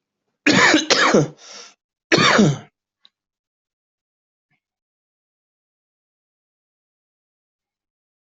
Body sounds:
coughing; 3
0.45-0.90 s: cough
0.90-1.34 s: cough
2.10-2.67 s: cough
From the record:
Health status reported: COVID-19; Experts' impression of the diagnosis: obstructive lung disease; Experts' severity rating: mild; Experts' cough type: dry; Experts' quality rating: good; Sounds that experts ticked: wheeze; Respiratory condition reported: yes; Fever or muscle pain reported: yes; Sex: male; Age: 31 years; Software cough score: 1.00

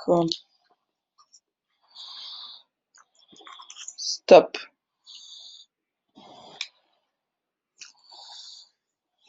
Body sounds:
no coughing; 0
none
From the record:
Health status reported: symptomatic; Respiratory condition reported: no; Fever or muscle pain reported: no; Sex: female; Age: 31 years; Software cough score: 0.08

